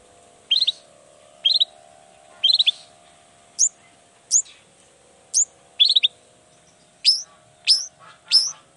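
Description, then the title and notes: Long-tailed shrike song: clipped high notes repeated about once a second, some doubled, later rising sharply, over a constant faint hum. Singing actively in the morning with 'toet toet' sound variations; said to make any other long-tailed shrike answer at once and start singing. "Cendet Gacor Dor Di Kala Pagi Toet Toet Variasi Suara. Cendet Gacor Pagi Hari Biangnya Bikin Cendet Manapun Langsung On Nyaut. Burung cendet"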